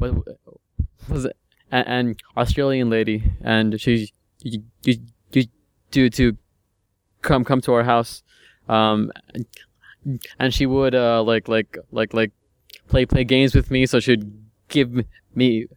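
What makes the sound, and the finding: Adult male speaker. Stuttering.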